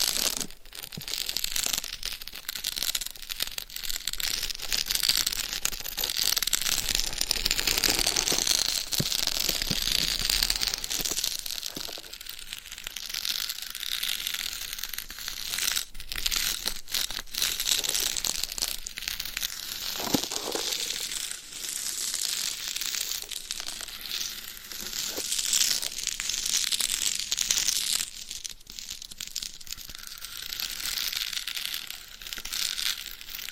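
Gloved fingers and nails scratch across a binaural microphone in a dense, crinkly rustle that runs almost without pause for the whole clip. Sharp taps cut through now and then, and the bright, scratchy texture shifts slightly as the material changes.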